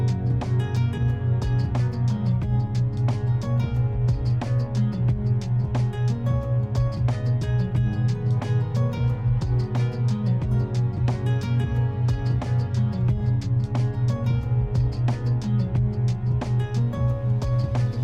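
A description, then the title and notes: Binaural beats: a steady low hum holds unchanged beneath the whole recording. Over it runs dense music of quick plucked or struck notes and frequent crisp ticks, even in loudness, with no pauses or build. 90 minutes of Binaural Beats Meditation Frequencies and Tones adjusted to the psilocybin microdoser.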